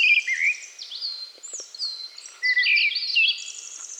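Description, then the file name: Eyebrowed thrush calls: thin high whistles sliding down in a dense, overlapping stream, a few louder curved notes, and faint low taps near the midpoint. "Eyebrowed Thrush Turdus obscurus"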